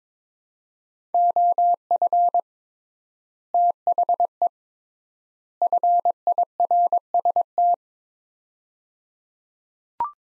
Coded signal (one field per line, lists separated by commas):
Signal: Morse code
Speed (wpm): 22 wpm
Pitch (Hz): 700 Hz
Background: none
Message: OF THE FIRST